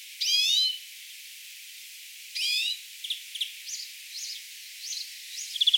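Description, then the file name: European greenfinch, two loud nasal wheezes followed by a run of short high chirps and a brief trill. "Chloris chloris"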